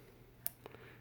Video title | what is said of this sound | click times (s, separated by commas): A Review of the Ruger/CRKT RTD | and you kind of hear it click see if i can do this on camera and see it pulls off right off | 0.5 s